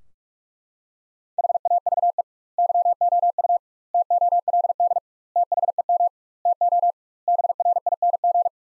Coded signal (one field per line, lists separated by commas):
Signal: Morse code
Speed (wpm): 44 wpm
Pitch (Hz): 700 Hz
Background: none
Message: HAVE YOU TOLD THEM TO BRING